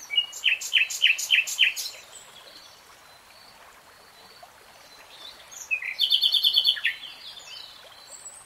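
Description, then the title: Nightingale song with a loud phrase of repeated rattling notes, a pause with faint background calls, then a second rapid, buzzy trill. Singing; three-hour real-time recording. "[Tiếng chim hót] 3 Hours REALTIME Nightingale Singing"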